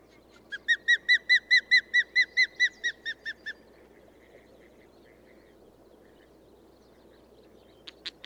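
Bird song: a steady series of about fifteen clear whistled notes, quickly repeated, fading toward the end, then a few faint notes and short sharp clicks over low background noise.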